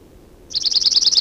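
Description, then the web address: Chipping Sparrow song, a fast dry trill of uniform chips beginning after a half-second of quiet and running steadily to the end. "Chipping Sparrow Sounds --LNSCourse Cassette"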